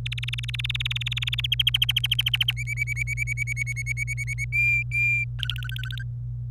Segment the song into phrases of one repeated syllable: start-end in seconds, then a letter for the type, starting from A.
0.06-1.41 A, 1.44-2.52 B, 2.57-4.45 C, 4.53-5.25 D, 5.39-6.03 E